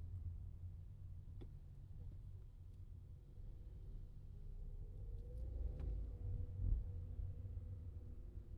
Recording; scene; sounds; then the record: everyday scene through a hearing-aid microphone; in a vehicle; engine, traffic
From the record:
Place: Skoda Fabia, gasoline engine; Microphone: in the ear canal, left